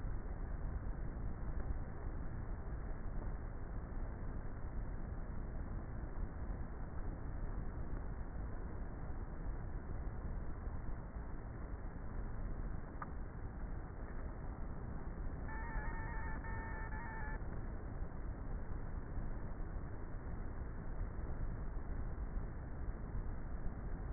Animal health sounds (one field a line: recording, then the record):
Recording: honeybee colony, microphone inside the hive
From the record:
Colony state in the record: queenless with a low population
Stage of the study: before two queens were removed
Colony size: about 30,000 bees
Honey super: no